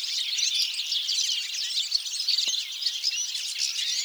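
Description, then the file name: European goldfinch twittering calls, a dense, continuous chatter of many high, tinkling notes from several birds at once, with no pauses throughout. "Carduelis carduelis"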